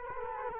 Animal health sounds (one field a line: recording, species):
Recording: mosquito wingbeat signal from an infrared sensor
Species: Culex quinquefasciatus